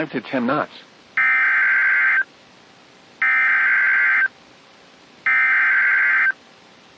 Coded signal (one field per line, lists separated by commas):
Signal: Emergency Alert System (SAME) tones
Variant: header bursts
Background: speech